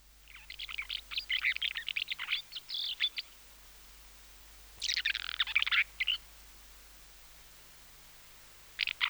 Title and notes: Avión Común. Blog De Aves